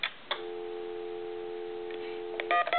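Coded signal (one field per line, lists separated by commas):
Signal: telephone call progress tone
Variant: North America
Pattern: dial tone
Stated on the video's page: Heard on a Del Monte tomato telephone during final checkout after repair.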